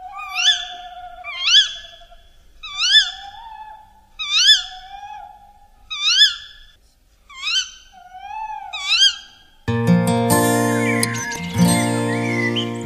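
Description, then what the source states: Tawny owl calls: seven sharp, upslurred harmonic notes about every one and a half seconds, then music starts. Tawny owl in Wielkopolski National Park; usually the owl that answers when staff play calls to detect other owls, as if asserting its territory; can be aggressive.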